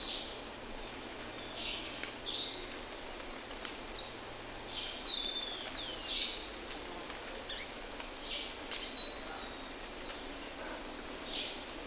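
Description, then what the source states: Bird calls: short, high, thin downslurred chirps and whistles scattered every few seconds, with faint softer chirps between them over a steady hiss. Recorded in rainforest.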